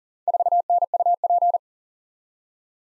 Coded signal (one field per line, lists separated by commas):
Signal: Morse code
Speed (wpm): 39 wpm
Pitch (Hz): 700 Hz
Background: none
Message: 4NUP